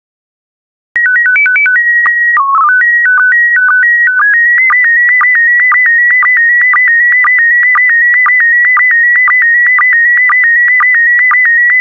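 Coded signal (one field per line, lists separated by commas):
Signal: SSTV (slow-scan television)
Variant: PD 120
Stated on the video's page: SSTV PD120 images of air shows, a daily decoding practice set.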